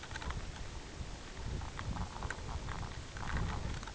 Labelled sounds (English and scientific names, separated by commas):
none